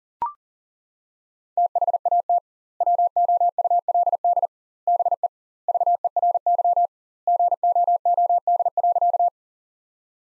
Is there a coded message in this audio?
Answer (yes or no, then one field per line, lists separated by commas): yes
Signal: Morse code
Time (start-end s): 1.6-9.3 s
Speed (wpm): 37 wpm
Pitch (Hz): 700 Hz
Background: none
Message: THAT WOULD BE VERY GOOD.